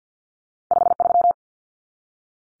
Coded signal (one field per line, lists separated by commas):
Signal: Morse code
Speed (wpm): 50 wpm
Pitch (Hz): 700 Hz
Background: none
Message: 53